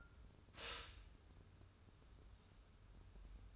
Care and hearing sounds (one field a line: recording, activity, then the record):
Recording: daily activity, microphone in the room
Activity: stop toaster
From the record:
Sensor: 2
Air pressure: 994.3 hPa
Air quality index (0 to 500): 202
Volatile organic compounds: 1000 ppm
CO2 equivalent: 6648 ppm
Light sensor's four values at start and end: 130/308/130/135 and 130/308/130/135